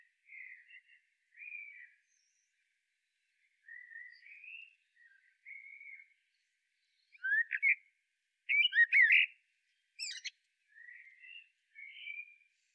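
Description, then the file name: Common blackbird singing a run of quiet fluted warbles broken by brief pauses, then louder squeaky, chattering notes near the end before more soft whistles. "Turdus merula"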